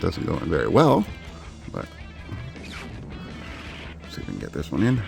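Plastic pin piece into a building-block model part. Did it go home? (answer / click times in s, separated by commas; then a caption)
no / none. Someone talks while working a plastic pin piece into a building-block model part, lining the pins up before pressing it home, as it doesn't go in very well. Only handling noise and talk are heard, and nothing has seated or clicked yet.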